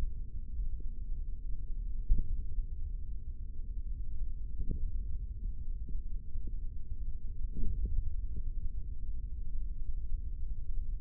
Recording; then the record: forearm muscle sounds (acoustic myography)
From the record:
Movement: hand closing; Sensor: system 3, bracelet of six PUI Audio POM-2738L microphones around the upper forearm, with dedicated amplification and filtering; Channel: 3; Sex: male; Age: 25 years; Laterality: right